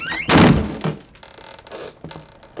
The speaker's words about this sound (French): Il monte au grenier. La porte du grenier grince. Le garçon prend sa respiration et la pousse de toutes ses forces.